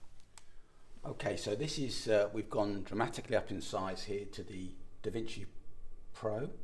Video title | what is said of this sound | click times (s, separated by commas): Low Vision Technology from Optelec & Enhanced Vision | end of the roller in the screen drops down and you push it down until it clicks into place and that turns it off and then you're ready to transport it okay | 0.4 s